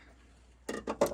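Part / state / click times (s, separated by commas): spark plug wire boot onto distributor cap or spark plug terminal / seated / 1.0 s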